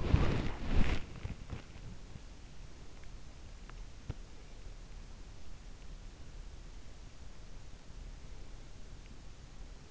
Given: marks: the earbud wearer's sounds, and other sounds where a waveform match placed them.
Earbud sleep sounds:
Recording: sounds in sleep by an in-ear microphone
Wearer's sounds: body movement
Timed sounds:
0.00-4.28 s: body movement

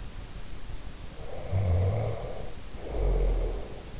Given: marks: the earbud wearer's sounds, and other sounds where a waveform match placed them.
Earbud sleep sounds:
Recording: sounds in sleep by an in-ear microphone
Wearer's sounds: snoring breath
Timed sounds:
1.19-3.73 s: snoring breath

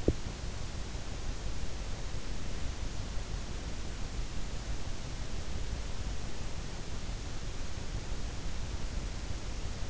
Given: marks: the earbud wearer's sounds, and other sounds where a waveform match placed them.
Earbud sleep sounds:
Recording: sounds in sleep by an in-ear microphone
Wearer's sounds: teeth grinding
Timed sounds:
0.00-0.32 s: teeth grinding

